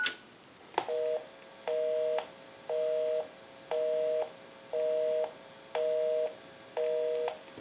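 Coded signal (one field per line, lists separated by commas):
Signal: telephone call progress tone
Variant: North America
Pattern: busy tone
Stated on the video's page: Single slot payphone under checkout and repair.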